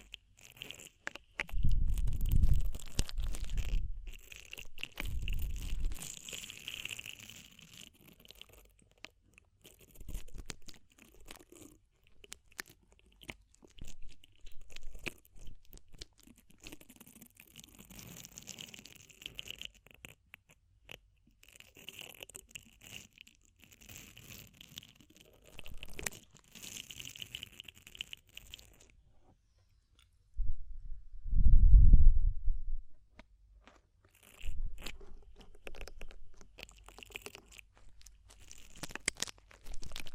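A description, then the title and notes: Deep ear cleaning: crackly, scratchy rubbing and crunching comes in short irregular bursts throughout. Heavy low thumps land around the two-to-six-second mark and again near thirty-one seconds, with a brief quieter stretch just before. DEEP Ear Penetrating Cleaning.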